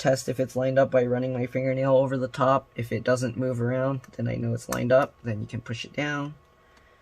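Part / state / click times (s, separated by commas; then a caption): internal connector into its socket on a laptop board / not seated / none. Someone talks while handling an internal connector on a Lenovo IdeaPad 320-15ABR laptop, lining it up over its socket on the board and checking the alignment by running a fingernail over the top. The connector is about to be pushed down, but nothing has seated or clicked yet.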